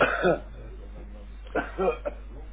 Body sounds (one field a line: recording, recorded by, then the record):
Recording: voluntary cough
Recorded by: telephone call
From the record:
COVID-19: positive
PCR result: checked with the laboratory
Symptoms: no